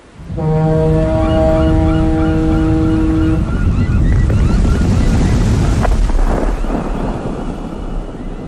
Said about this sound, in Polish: Wiatr zrodził się z falowca. Z ogromnej bryły, która przecięła powietrze. I blok wtedy zagrodził wiatrowi drogę. Więc wiatr wpadł w straszną złość i z całym impetem tak uderzał w betonowe galerie, aż spiętrzył na nich fale.